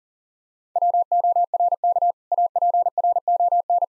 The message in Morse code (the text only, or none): WORK APRON